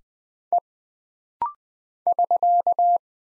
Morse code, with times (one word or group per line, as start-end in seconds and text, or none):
0.5-0.6 E
2.1-3.0 <SK>